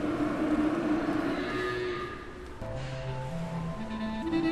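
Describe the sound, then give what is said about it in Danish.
Cows low in a barn as they are given their last feed before milking, long drawn-out moos overlapping one another, one call climbing in pitch step by step, over a steady background hum. “Jeg skal ind og lige fejre foder, det sidste foder ind til køerne, sådan at de når at få spist op, inden vi skal til at malke.”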